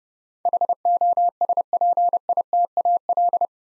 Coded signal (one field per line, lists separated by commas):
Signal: Morse code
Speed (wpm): 30 wpm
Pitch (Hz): 700 Hz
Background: none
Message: HOSPITAL